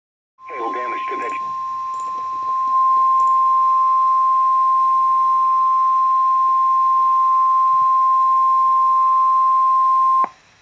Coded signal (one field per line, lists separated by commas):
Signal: Emergency Alert System (SAME) tones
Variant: 1050 Hz attention tone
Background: speech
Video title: EAS #36